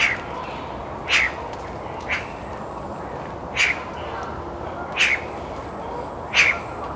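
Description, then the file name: Eurasian magpie uttering loud rasping single notes at uneven intervals over continuous low background noise. "Pica pica"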